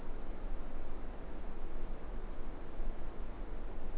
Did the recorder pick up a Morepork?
no